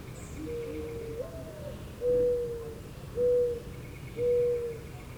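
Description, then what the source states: Mourning Dove cooing: a soft sliding note, a brief rise, then three long, steady hollow coos about a second apart. Two mourning doves.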